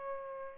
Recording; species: mosquito wingbeat signal from an infrared sensor; Aedes albopictus